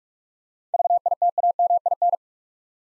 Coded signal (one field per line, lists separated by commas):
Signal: Morse code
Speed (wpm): 44 wpm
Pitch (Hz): 700 Hz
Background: none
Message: VITAMIN